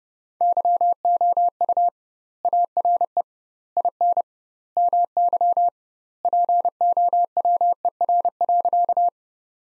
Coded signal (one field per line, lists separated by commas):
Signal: Morse code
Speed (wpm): 32 wpm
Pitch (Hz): 700 Hz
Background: none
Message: YOU ARE IN MY POWER.